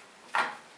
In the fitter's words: and snaps right into that channel